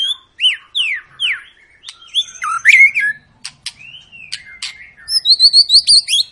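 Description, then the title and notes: White-rumped shama song of rich fluty whistles, downslurred notes, sharp clicks and a fast burst of high repeated notes at the end. Long lure song of an actively singing shama, used to prompt other birds to sing. "Pancingan Murai Batu Gacor Panjang. muraiku"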